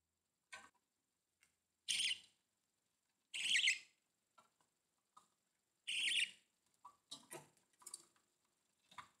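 Budgerigar calls, a few harsh rasping squawks spaced a second or more apart, followed by softer clicks and chirps toward the end.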